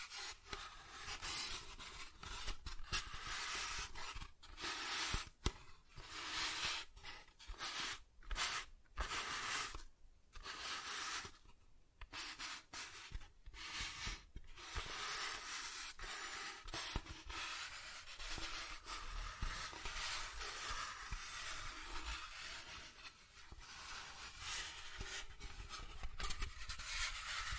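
Soft tracing over smooth and rough surfaces, a steady bright rubbing hiss that fills the whole stretch. Brief gaps break the stroking every second or so, busiest between about 8 and 14 seconds, with a faint low rumble underneath throughout.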